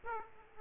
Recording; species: mosquito wingbeat signal from an infrared sensor; Aedes aegypti